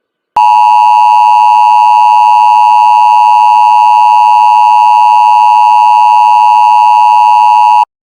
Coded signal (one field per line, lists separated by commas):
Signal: Emergency Alert System (SAME) tones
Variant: 853 and 960 Hz attention tone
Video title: EAS Scenario: Grand Rapids House fire + Denver Attack.